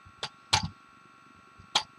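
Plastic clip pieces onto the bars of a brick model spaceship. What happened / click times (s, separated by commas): The plastic clips snapped into place / 0.5 s, 1.8 s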